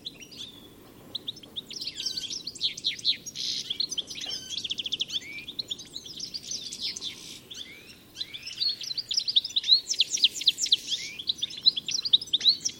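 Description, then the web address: Bird chorus of rapid high chirps and buzzy trills in overlapping bursts, with faint low noise behind. "Deverinetal. Bird Only"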